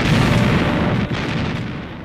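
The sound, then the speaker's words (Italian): Heavy naval artillery: the 360 mm guns of the battleship Texas firing shells at German positions at Cherbourg on 25 June 1944, a dense, continuous roar of deep booms, loud and low-heavy throughout with only a brief dip midway, and no voices. “Il 25 giugno 1944 i cannoni da 360 mm della Texas spararono proiettili alle postazioni tedesche, le quali risposero con proiettili da 230 a 240 mm.”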